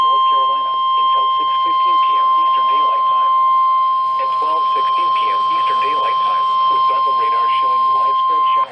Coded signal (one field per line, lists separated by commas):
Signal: Emergency Alert System (SAME) tones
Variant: 1050 Hz attention tone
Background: speech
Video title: MIDWEEK FLOODING AND STORMS... EAS Alerts from 5/18/20 - 5/21/20 (EAS #4,202 - 4,253)